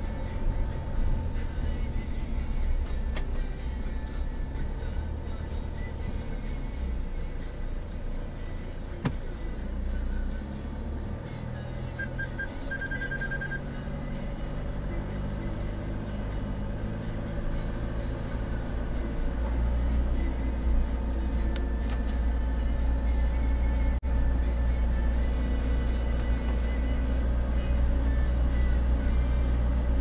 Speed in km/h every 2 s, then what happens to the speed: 19, 14, 11, 7, 3, 5, 8, 11, 10, 12, 13, 11, 10, 12, 13.
0-7 slows to 3. 13-30 steady at about 11.